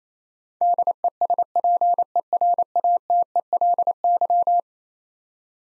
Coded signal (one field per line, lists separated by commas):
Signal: Morse code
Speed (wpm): 27 wpm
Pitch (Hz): 700 Hz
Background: none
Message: DESPERATELY